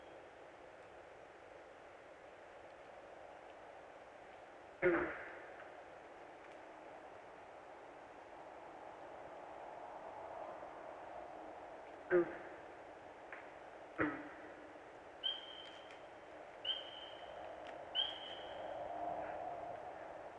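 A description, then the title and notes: Starting around fifteen seconds, a bird whistles a short, bright, rising call about every second and a half. A steady outdoor hiss runs throughout, broken by a few sharp knocks or clicks near five, twelve and fourteen seconds. Sounds of Perch Lake: The Mesmerizing Persistence of the Eastern Whip-poor-will. This week we are, once again, on the shores of Perch Lake in Grand Traverse County, Michigan.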